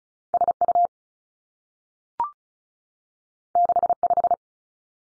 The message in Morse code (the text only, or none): S U 6 5